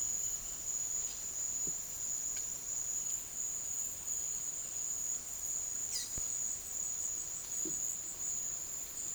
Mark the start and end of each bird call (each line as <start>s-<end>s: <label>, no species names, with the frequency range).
5.92s-6.20s: bird call (1.6-9.7 kHz)